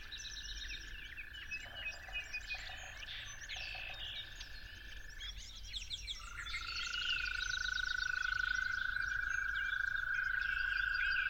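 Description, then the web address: Toad trills, one sustained trill breaking off near the middle and a new one rising in and holding to the end, over a dense dawn bird chorus. Toads calling at dawn. "musicofnature Toads at Dawn"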